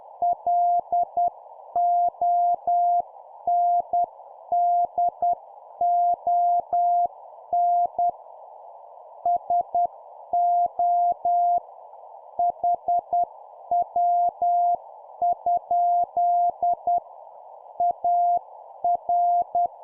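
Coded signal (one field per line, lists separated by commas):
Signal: Morse code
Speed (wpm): 10 wpm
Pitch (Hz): 700 Hz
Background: none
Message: LONDON SO HW? AR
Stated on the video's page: 10 wpm CW practice of an example CQ contact for copy-speed training.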